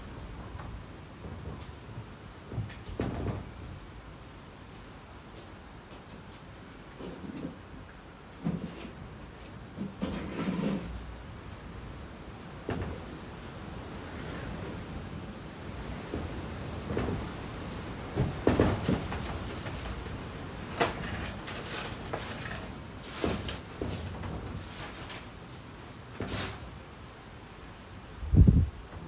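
Rain falls under the eaves as a steady, dense hiss, with heavier drips and knocks landing irregularly every second or two. Some hits are deep and thudding, especially around 18 seconds and near the end, where a loud knock stands out.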